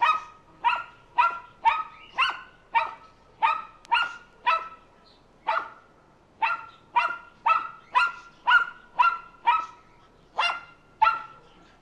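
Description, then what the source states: Small dog giving a steady stream of shrill, clipped barks, roughly two per second, with one short gap midway. Small dog, barking continuously.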